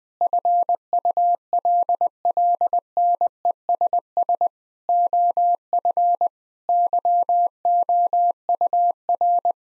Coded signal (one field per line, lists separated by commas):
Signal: Morse code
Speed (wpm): 20 wpm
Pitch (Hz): 700 Hz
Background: none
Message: FULLNESS OF YOUR